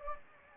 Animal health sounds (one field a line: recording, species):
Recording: mosquito wingbeat signal from an infrared sensor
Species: Anopheles gambiae